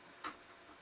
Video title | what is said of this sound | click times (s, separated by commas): My Movie feb 9 swsd9ve teddys gun shop | This here, you have to snap it, | 0.2 s